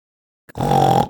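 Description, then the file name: Peafowl call: a single loud, drawn-out nasal wail holding a steady pitch for about half a second, preceded by a brief click. "Pfau"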